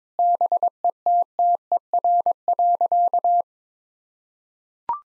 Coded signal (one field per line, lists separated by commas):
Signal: Morse code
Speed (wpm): 22 wpm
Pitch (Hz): 700 Hz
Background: none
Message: BETTER.